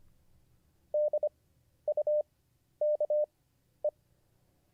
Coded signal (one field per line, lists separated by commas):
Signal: Morse code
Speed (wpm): 25 wpm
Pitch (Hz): 600 Hz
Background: none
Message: DUKE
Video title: How to Learn Morse Code (Day 40) [Livestream]